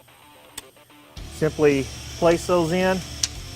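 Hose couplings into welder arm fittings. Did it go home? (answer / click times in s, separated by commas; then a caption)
no / none. Hoses are being placed into their couplings on the C1 arm of a Chief MI200T welder while someone talks over background music, with brief sharp ticks at about 0.6 s and 3.2 s. The hoses are handled but not yet pushed home, and nothing has seated or clicked yet.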